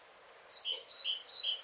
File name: Parus major